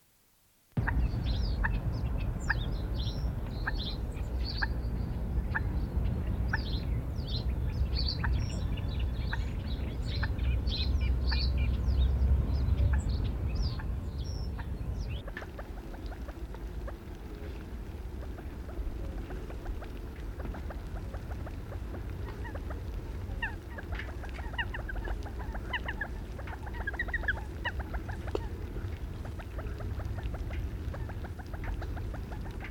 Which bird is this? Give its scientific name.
Gallinula chloropus